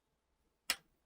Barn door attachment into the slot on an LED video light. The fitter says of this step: and you just push it like that and it's locked into place